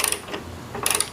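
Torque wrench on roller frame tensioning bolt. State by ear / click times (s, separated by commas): torque reached / 0.9 s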